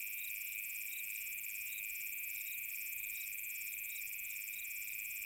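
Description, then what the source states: Cricket chorus with a constant shrill tone underneath short regular chirps and a fine high buzz running throughout. Summer night.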